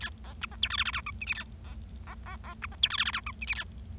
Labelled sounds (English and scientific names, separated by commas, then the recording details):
Bengalese Finch (Lonchura striata domestica) song
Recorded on 25 March 2012 at 19:41
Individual gy6or6